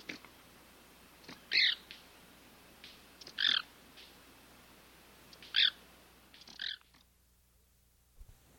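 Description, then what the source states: White-collared manakin giving several short, sharp snaps at irregular intervals against a quiet, steady hiss. South America.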